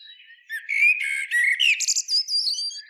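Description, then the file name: Common blackbird singing: a short run of fluty whistled notes rising into a scratchy, high-pitched squeaky twitter at the phrase's end. "Turdus merula"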